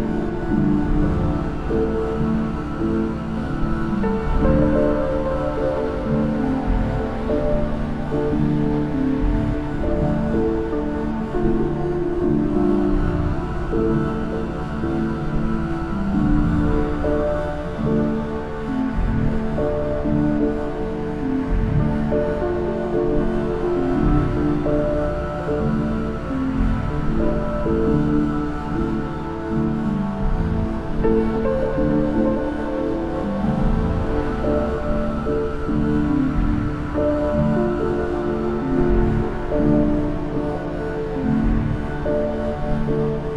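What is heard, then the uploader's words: A soundcheck before an afternoon concert, with instruments sounding sustained, overlapping notes and chords that stay at a steady, full level throughout. The sound sits mostly in the low and middle range, thick and dense, with faint soft ticks of activity showing through now and then. A soundcheck for an afternoon concert. Composed by blending their in-situ recordings with audio sampled from the vinyl singles.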